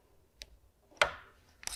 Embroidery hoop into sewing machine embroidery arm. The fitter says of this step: simply slide it into place until we hear the click